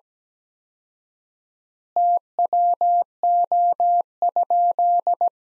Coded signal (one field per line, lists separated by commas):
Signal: Morse code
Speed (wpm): 17 wpm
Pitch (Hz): 700 Hz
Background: none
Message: TWO?